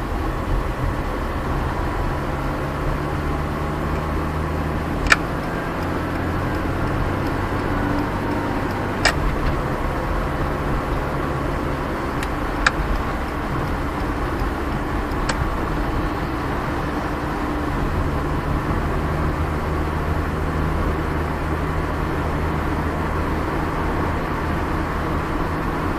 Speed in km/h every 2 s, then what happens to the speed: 32, 35, 40, 42, 48, 50, 49, 50, 51, 52, 55, 56, 58.
0-9 speeds up to 50. 9-26 steady at about 51.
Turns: none.